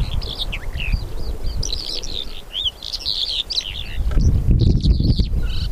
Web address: two spotted lark call